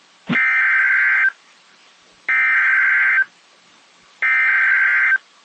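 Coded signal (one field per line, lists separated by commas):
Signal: Emergency Alert System (SAME) tones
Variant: header bursts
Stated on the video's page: NOAA Weather Radio Local Area Emergency for Ashland County, Wisconsin, relayed by the National Weather Service in Duluth, about a road closure.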